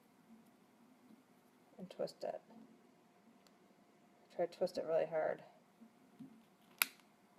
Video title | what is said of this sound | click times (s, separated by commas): 2016 11 03 RollerBalls | one it doesn't want to go on this bottle I heard it snap off | 6.8 s